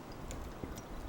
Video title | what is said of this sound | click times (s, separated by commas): (5/7) How to Setup a RTK Rover - Trimble GPSS / GNSS | dot to the red line snaps in place I can pull on it it's not going anywhere | 0.3 s